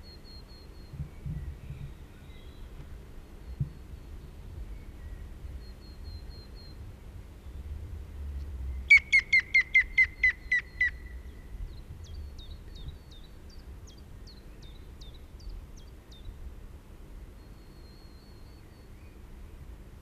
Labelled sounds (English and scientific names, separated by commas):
European Green Woodpecker (Picus viridis) song